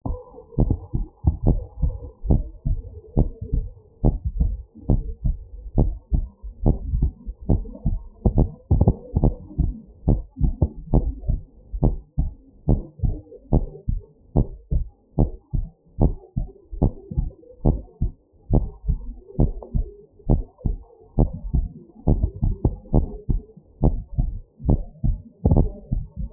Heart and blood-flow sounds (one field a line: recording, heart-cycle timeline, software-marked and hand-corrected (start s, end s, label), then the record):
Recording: heart sounds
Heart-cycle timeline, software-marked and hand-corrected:
0.00	0.10	systole
0.10	0.18	S2
0.18	0.60	diastole
0.60	0.72	S1
0.72	0.96	systole
0.96	1.06	S2
1.06	1.46	diastole
1.46	1.60	S1
1.60	1.82	systole
1.82	1.94	S2
1.94	2.28	diastole
2.28	2.44	S1
2.44	2.70	systole
2.70	2.80	S2
2.80	3.18	diastole
3.18	3.30	S1
3.30	3.52	systole
3.52	3.64	S2
3.64	4.04	diastole
4.04	4.16	S1
4.16	4.38	systole
4.38	4.54	S2
4.54	4.90	diastole
4.90	5.04	S1
5.04	5.26	systole
5.26	5.36	S2
5.36	5.78	diastole
5.78	5.92	S1
5.92	6.12	systole
6.12	6.26	S2
6.26	6.64	diastole
6.64	6.78	S1
6.78	6.96	systole
6.96	7.10	S2
7.10	7.48	diastole
7.48	7.62	S1
7.62	7.86	systole
7.86	7.98	S2
7.98	8.34	diastole
8.34	8.48	S1
8.48	8.72	systole
8.72	8.86	S2
8.86	9.16	diastole
9.16	9.34	S1
9.34	9.58	systole
9.58	9.72	S2
9.72	10.08	diastole
10.08	10.20	S1
10.20	10.42	systole
10.42	10.54	S2
10.54	10.92	diastole
10.92	11.06	S1
11.06	11.28	systole
11.28	11.40	S2
11.40	11.82	diastole
11.82	11.96	S1
11.96	12.18	systole
12.18	12.30	S2
12.30	12.68	diastole
12.68	12.82	S1
12.82	13.04	systole
13.04	13.16	S2
13.16	13.54	diastole
13.54	13.66	S1
13.66	13.88	systole
13.88	14.00	S2
14.00	14.36	diastole
14.36	14.48	S1
14.48	14.72	systole
14.72	14.84	S2
14.84	15.18	diastole
15.18	15.30	S1
15.30	15.54	systole
15.54	15.66	S2
15.66	16.00	diastole
16.00	16.14	S1
16.14	16.38	systole
16.38	16.46	S2
16.46	16.80	diastole
16.80	16.92	S1
16.92	17.16	systole
17.16	17.26	S2
17.26	17.66	diastole
17.66	17.80	S1
17.80	18.02	systole
18.02	18.12	S2
18.12	18.52	diastole
18.52	18.66	S1
18.66	18.88	systole
18.88	19.00	S2
19.00	19.40	diastole
19.40	19.52	S1
19.52	19.76	systole
19.76	19.86	S2
19.86	20.30	diastole
20.30	20.42	S1
20.42	20.66	systole
20.66	20.78	S2
20.78	21.18	diastole
21.18	21.30	S1
21.30	21.54	systole
21.54	21.68	S2
21.68	22.08	diastole
22.08	22.20	S1
22.20	22.44	systole
22.44	22.56	S2
22.56	22.94	diastole
22.94	23.08	S1
23.08	23.30	systole
23.30	23.42	S2
23.42	23.84	diastole
23.84	23.98	S1
23.98	24.20	systole
24.20	24.32	S2
24.32	24.68	diastole
24.68	24.82	S1
24.82	25.04	systole
25.04	25.16	S2
25.16	25.50	diastole
25.50	25.68	S1
25.68	25.92	systole
25.92	26.04	S2
26.04	26.33	diastole
From the record:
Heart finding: normal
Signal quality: good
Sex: female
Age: 66 years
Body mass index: 26.9